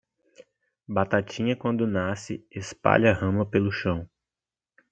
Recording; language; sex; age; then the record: short text; Brazilian Portuguese; male; 20 to 29 years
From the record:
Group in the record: control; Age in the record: 20 years